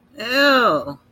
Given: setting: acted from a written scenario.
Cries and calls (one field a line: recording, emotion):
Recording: vocal sound without words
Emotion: disgust